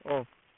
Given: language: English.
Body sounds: throat vibration sensor signal played as sound; speech

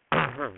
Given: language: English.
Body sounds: throat vibration sensor signal played as sound; throat clearing

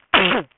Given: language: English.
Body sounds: throat vibration sensor signal played as sound; cough

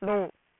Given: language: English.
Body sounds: throat vibration sensor signal played as sound; speech

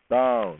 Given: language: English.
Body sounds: throat vibration sensor signal played as sound; speech

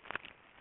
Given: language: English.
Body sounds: throat vibration sensor signal played as sound; swallow

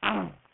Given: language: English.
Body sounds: throat vibration sensor signal played as sound; throat clearing

